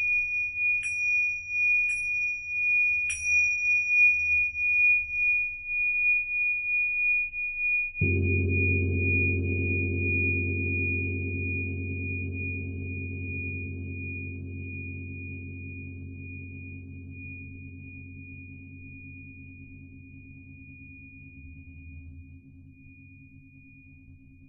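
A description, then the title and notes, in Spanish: Tibetan singing bowls ring with a steady bright tone, a few soft strikes early on, then a deep low bowl joins at eight seconds and slowly fades. Cuencos Tibetanos.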